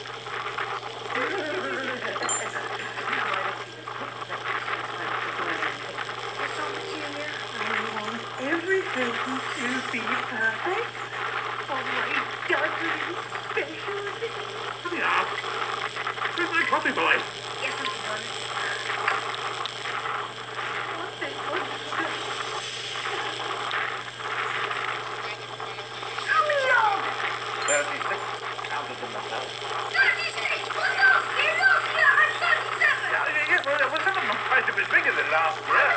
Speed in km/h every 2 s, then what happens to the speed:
32, 31, 33, 35, 37, 39, 38, 34, 34, 34, 33, 34, 34, 33, 34, 34, 34, 32.
3-9 speeds up to 39. 9-36 steady at about 34.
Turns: none.